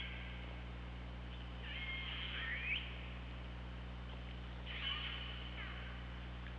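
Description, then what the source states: Killer whale calls, two harmonic squealing calls with rising, bending tones a few seconds apart, over a constant low hum. Recorded by OrcaLab hydrophone on 24 August 2017 at 15:25.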